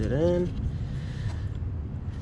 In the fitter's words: that's pretty pretty in didn't click so but